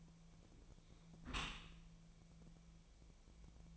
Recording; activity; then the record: daily activity, microphone in the room; close dishwasher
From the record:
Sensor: 1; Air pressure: 1000.5 hPa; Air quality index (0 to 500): 182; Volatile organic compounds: 4 ppm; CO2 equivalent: 1674 ppm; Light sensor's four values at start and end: 11/26/11/12 and 11/26/11/12